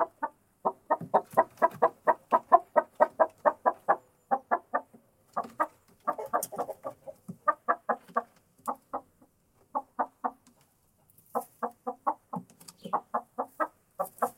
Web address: monde des sons poule dans le poulailler